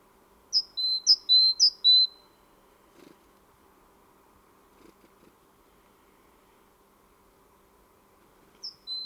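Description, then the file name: Great tit delivers three clear high-low two-note units in quick succession, followed by a long quiet gap with low hum, then one more unit at the end. "Parus major"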